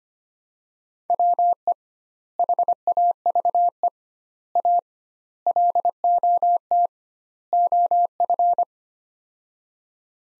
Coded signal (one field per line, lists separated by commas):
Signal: Morse code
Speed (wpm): 25 wpm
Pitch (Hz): 700 Hz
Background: none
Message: WE HAVE A LOT OF